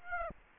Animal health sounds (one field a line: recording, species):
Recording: mosquito wingbeat signal from an infrared sensor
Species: Aedes aegypti